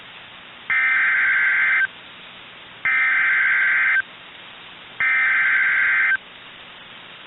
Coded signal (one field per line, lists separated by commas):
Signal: Emergency Alert System (SAME) tones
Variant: header bursts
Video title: MID-DECEMBER DERECHO | EAS Alerts from 12/15/2021 (EAS #875-902)